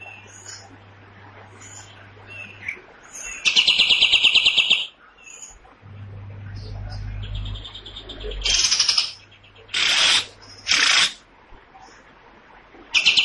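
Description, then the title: Cream-vented bulbul giving a loud, harsh, pulsed burst, then several shorter rasping bursts spaced a second or two apart, with faint chirps and a low hum. Loud, harsh, long song in the style called long shot; used as a lure for training songbirds. "Pikat Masteran Kapas Tembak. Tembakan Panjang Kapas Tembak Gacor Suara Lantang Kasar"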